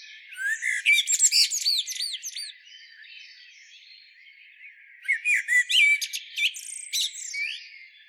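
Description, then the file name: Common blackbird uttering two bouts of high, looping squeaks and clipped notes, the first in the opening two and a half seconds, the second after five seconds, with a quiet gap between. "Turdus merula"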